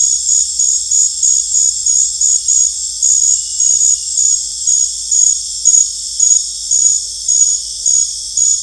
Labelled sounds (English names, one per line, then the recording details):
none
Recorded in dense forest near Puerto Asís, Putumayo, Colombia, on 20 December 2024 at 19:30
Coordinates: 0.484, -76.325
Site G056